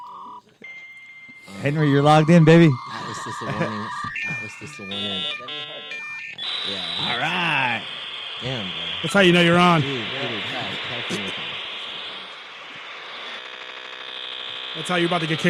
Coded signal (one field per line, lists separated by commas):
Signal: dial-up modem handshake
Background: speech